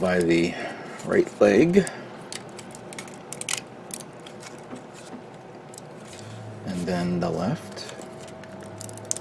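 Someone talks while the left leg of a 1/144 Real Grade Sazabi plastic model kit is handled and pressed toward the hip joint, with a few brief, sharp ticks and handling noises. Nothing has seated or snapped into place yet.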